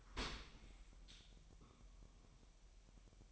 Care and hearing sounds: daily activity, microphone in the room; open dishwasher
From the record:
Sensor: 1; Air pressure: 1000.6 hPa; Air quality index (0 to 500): 247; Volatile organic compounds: 143 ppm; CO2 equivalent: 3993 ppm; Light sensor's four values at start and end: 11/28/11/12 and 11/28/11/12

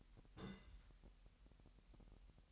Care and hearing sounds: daily activity, microphone in the room; place on stove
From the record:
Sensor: 3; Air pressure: 1001.9 hPa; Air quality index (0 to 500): 244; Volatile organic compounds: 46 ppm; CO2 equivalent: 3242 ppm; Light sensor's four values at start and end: 6/14/6/6 and 6/14/6/6

